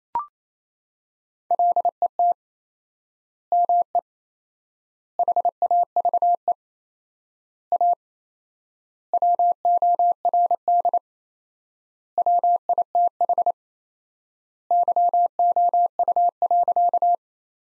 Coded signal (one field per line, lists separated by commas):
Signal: Morse code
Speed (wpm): 27 wpm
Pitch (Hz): 700 Hz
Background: none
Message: LET ME HAVE A WORD WITH YOU.